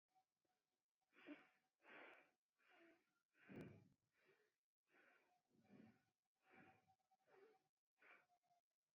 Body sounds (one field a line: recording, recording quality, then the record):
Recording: shallow breathing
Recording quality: excellent, no background noise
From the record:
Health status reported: exposed to COVID-19, no respiratory illness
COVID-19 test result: not tested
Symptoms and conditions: cough, muscle pain, loss of smell and taste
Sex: female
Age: 27 years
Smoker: not ticked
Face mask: not worn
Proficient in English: yes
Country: India